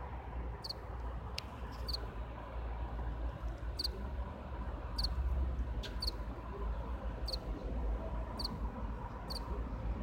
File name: Acheta domesticus Radzikowski Pawel